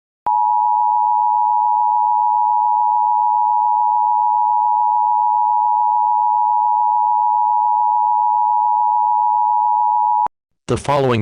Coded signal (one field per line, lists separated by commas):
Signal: Emergency Alert System (SAME) tones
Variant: 853 and 960 Hz attention tone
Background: speech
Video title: EAS Scenario 15: Pac-Man VS Team Sonic